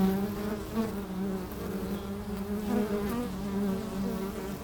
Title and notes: Meise, Jardin botanique. Pavillon des abeilles, micros placés à l'entrée de la ruche.